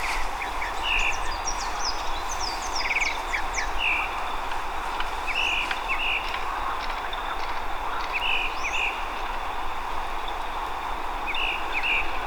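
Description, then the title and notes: Tropical mockingbird song of paired whistled notes repeated every couple of seconds, with thin higher chirps over a continuous low background rumble. Bird recorded at Estación de la Sábana, Bogotá, October 2024, in the morning during a bird inventory, using a Zoom H5 recorder; locally called Mirla Blanca or Sinsonte. "Mirla Blanca o Sinsonte (Mimus gilvus). Bogotá, octubre del año 2024. en horas de la mañana"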